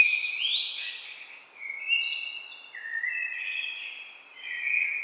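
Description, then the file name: Common blackbird song, continuous mellow fluting notes at shifting pitches, interleaved with thin, high squeaky twitters and barely any pause. "Turdus merula"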